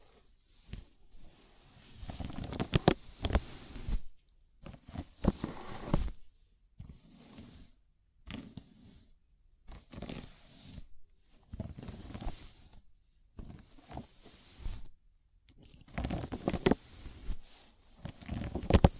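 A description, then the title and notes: A scalp massage gives soft scratchy rubbing in irregular bursts of a second or two, with brief silent gaps and occasional sharper crackles. ASMR Sleepy Scalp Massage (No Talking).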